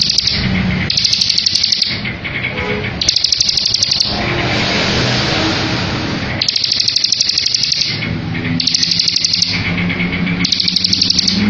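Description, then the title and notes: Bar-winged prinia song: repeated high rattling trill phrases, roughly a second each, broken by a hissy noisy stretch midway. Ngebren song of the bar-winged prinia, used as a tutor for training white-rumped shamas. "Ciblek Ngebren Untuk Masteran Murai Batu. Suara burung ciblek - Suara Nada"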